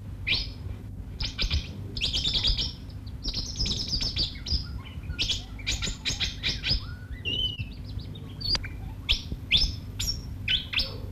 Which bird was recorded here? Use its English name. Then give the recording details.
Pin-tailed Whydah. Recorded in captivity. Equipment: Halbspur, 9,5 cm/s. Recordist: Lütgens, Hans. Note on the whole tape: Rufe